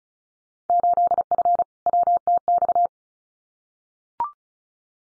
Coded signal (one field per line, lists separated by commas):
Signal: Morse code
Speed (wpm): 34 wpm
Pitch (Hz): 700 Hz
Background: none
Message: 8F WTX